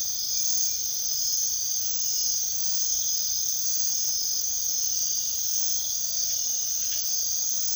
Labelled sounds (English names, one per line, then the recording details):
none
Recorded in secondary vegetation near Puerto Asís, Putumayo, Colombia, on 18 February 2024 at 05:30
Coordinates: 0.500, -76.326
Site G6428